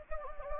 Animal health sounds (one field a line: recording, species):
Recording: mosquito wingbeat signal from an infrared sensor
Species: Anopheles gambiae